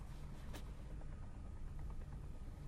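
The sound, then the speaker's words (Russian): A repaired helicopter's engine, just started, runs with a steady, low, throbbing drone and a broad hiss on top, holding constant for the few seconds with no voices. “Починили вертушку.”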